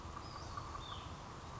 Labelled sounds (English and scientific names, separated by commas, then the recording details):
Hutton's Vireo (Vireo huttoni)
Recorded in Sonoma County, California